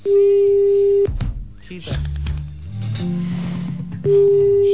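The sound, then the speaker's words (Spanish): A steady, mid-pitched telephone busy tone after a phone call was cut off hums for about a second, gives way to a few seconds of muffled low rumbling, then returns just as loud and unbroken. “Estaba hablando con usted recién, parece que se me cortó el teléfono.”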